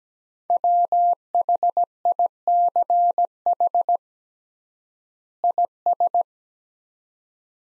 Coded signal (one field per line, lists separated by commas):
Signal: Morse code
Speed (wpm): 17 wpm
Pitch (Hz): 700 Hz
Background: none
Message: WHICH IS